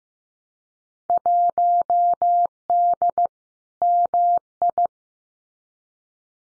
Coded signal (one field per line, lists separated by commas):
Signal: Morse code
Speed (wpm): 15 wpm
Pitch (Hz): 700 Hz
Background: none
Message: 1D MI